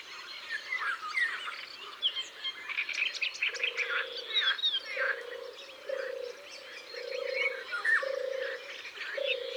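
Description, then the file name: European turtle dove song, soft purring phrases starting midway and repeating steadily at a low pitch, beneath a lively chorus of chirps and whistles from other birds. "Tourterelle des bois"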